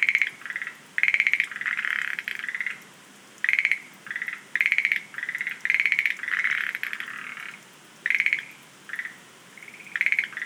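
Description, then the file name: Schlegel's green tree frogs calling busily, with rattling pulsed croaks in closely packed bursts, overlapping and answering one another with only short pauses. "rodolphe alexis - rhacophorus schlegelii"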